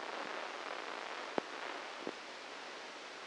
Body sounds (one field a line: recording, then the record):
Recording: brain microelectrode recording played as sound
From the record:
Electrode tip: inside the subthalamic nucleus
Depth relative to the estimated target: 2 mm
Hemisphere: right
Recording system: NeuroSet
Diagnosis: Parkinson's disease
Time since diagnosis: 8 years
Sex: male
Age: 59 years